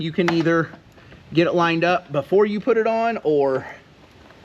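Someone talks while handling an American Modified armor grille with off-road lights for a 2019–2021 GMC Sierra 1500, angling it so its two round plastic clips line up with the mounting holes on the front of the truck. A brief sharp sound comes at the very end, around 4.4 s, but nothing has seated or clicked into place yet.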